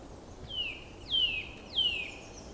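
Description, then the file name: Eurasian nuthatch uttering three bright, falling whistled calls in quick succession. "Sitta europaea"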